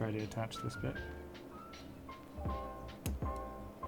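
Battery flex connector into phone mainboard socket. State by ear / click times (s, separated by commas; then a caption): seated / 3.1 s. A new battery's flex connector is pressed onto its mainboard socket during a Nexus 5X phone repair, while music plays and someone talks. A sharp, short snap is heard at 3.1 s as the connector clicks into place and seats.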